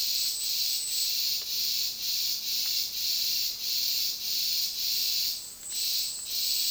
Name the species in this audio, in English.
none